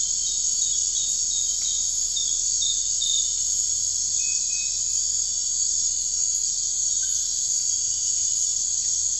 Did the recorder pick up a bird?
no